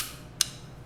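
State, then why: Seated. A Glock pistol slide, lined up rail to rail with the mechanism aligned, is fitted onto the frame rails. A single loud, sharp click with bright high-frequency content sounds at 0.4 s over a quiet background. The slide is seated on the frame.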